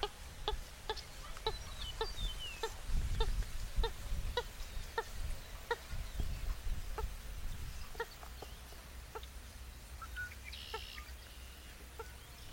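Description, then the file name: Western swamphen giving short, clucking notes repeated roughly twice a second, set against a steady low rumble of background noise. "Canto do caimao comum"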